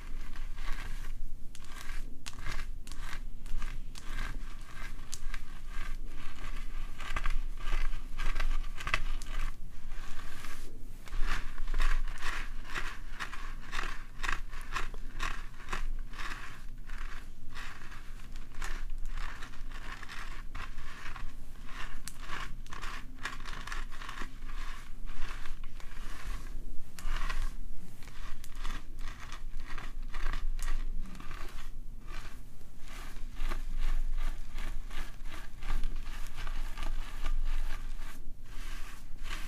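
Scalp oiling and scratching with hair brushing and parting: a steady, dense stream of crackly, crinkling scrapes runs the whole time, with quick rhythmic strokes and frequent brief dropouts between them. A soft low rumble sits underneath throughout.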